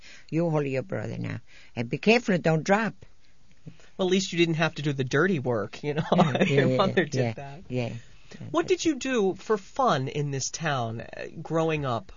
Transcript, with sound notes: You hold your brother now, and be careful, don't drop."
At least you didn't have to do the dirty work, you know. ( he laughs ) Your mother did that.
Yeah.
What did you do for fun in this town growing up?